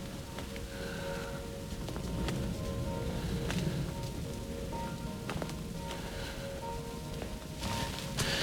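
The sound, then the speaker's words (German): Church bells of Hartegasse strike quarter to eleven with sustained, humming tones, a few strikes spaced several seconds apart, over a steady hiss of rain or wind on a freezing cold, frosty day. Nobody speaks. “Glocken von Hartegasse, Viertel vor elf.”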